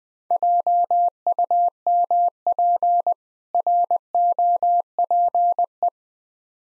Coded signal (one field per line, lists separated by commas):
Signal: Morse code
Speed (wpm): 20 wpm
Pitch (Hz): 700 Hz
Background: none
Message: JUMP ROPE